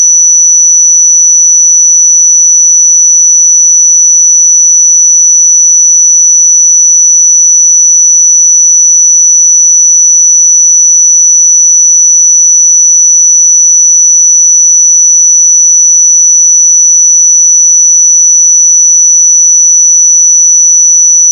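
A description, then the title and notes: A pure sine tone at 5932 Hz holds perfectly steady for the full twenty-one seconds. The pitch is high and thin, with no wavering, pulsing or change in loudness, and nothing else sounds behind it. 5932 Hz 1 Hz Interval Sine Pure Tone Frequency 441000 Sample Mono.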